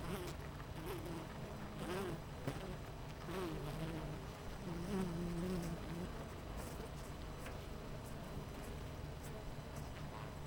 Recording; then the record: honeybee colony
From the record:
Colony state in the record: missing queen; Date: 14 July 2017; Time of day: 8:22